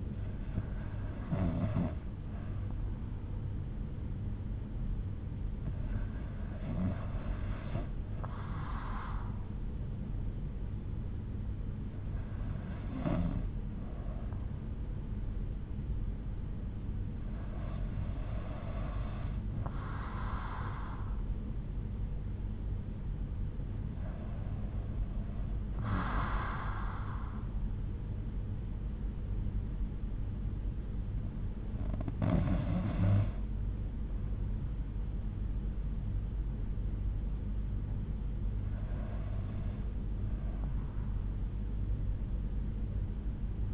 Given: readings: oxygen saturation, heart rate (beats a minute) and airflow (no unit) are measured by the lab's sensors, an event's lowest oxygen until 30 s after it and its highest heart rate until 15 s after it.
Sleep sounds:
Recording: breathing in sleep by a smartphone at the bedside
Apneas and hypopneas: none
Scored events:
none scored
From the record:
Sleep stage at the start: REM sleep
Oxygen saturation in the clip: 90 to 93%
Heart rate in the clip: 62 to 68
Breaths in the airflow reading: 7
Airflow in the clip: -5.8 to 7.0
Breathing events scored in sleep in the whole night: 368 in 8.0 hours asleep

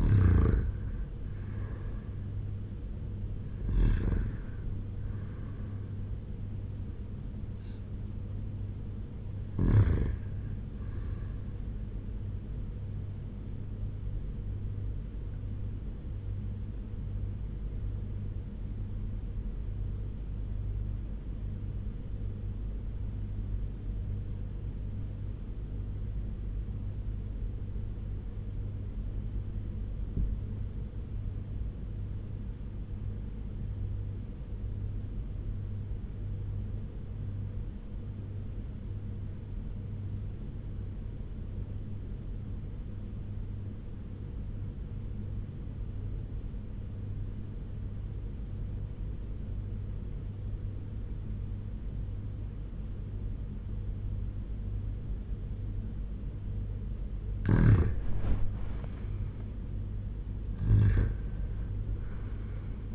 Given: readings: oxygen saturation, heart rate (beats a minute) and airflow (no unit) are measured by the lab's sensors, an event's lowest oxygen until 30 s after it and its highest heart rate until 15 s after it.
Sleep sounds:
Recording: breathing in sleep by a smartphone at the bedside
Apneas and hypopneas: 1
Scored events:
16.00-57.40 s: obstructive apnea (REM, oxygen 98% highest, then 85% lowest)
From the record:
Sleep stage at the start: REM sleep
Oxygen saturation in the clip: 83 to 98%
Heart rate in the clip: 84 to 91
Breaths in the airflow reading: 5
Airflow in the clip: -8.2 to 6.9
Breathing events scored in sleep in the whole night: 201 in 6.5 hours asleep

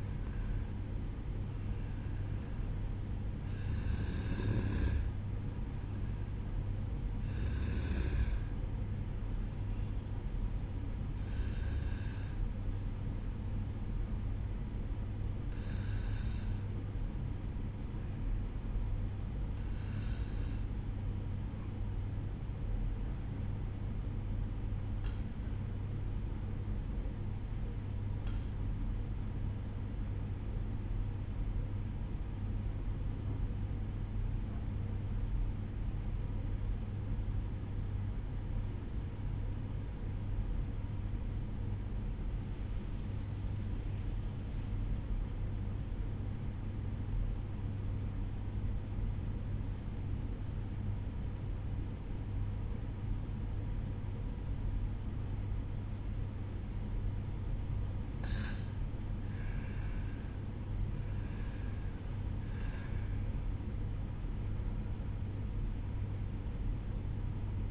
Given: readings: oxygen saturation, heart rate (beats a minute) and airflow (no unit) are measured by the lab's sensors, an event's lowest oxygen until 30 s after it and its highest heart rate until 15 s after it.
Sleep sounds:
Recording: breathing in sleep by a smartphone at the bedside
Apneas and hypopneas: 1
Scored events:
24.00-55.40 s: obstructive apnea (N1, oxygen 96% highest, then 92% lowest, heart rate 54 at the start, 64 highest)
From the record:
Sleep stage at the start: N1 (lightest sleep)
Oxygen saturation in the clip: 92 to 96%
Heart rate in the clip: 54 to 64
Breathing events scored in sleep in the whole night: 305 in 9.6 hours asleep

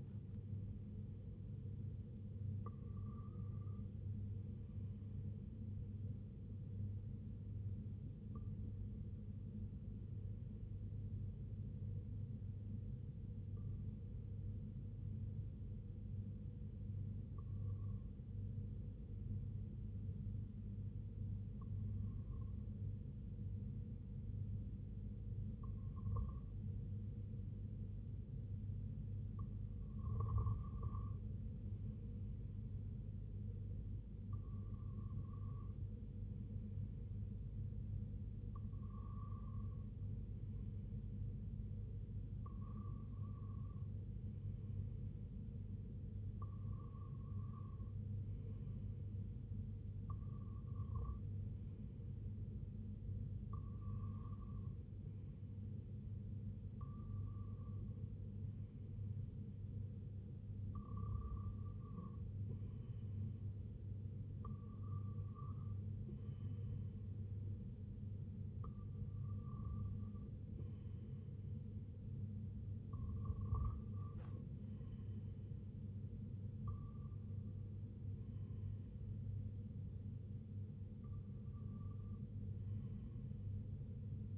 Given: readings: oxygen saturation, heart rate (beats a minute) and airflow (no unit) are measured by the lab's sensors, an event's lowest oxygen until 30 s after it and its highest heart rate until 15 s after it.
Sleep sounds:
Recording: breathing in sleep by a smartphone at the bedside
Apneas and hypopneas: 1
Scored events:
13.00-36.40 s: hypopnea (REM, oxygen 96% highest, then 93% lowest, heart rate 70 at the start, 70 highest)
From the record:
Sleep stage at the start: REM sleep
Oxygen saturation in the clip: 93 to 96%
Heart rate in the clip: 63 to 85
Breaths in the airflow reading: 20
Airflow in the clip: -7.8 to 4.3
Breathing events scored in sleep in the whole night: 258 in 7.4 hours asleep

